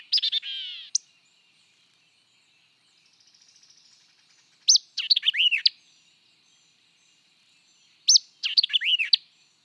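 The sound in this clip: White-eyed vireo song: a burry warble, then two phrases of sharp chips and looping whistles, with a faint soft buzzing in the pause.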